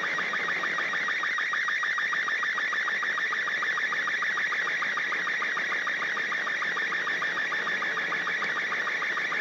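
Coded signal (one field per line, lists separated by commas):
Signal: SSTV (slow-scan television)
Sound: warbling tone sliding around 1.5-2.3 kHz with rapid regular lower clicks, steady throughout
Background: radio static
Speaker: okay tell me what kind of scene i can send you and i'll send it along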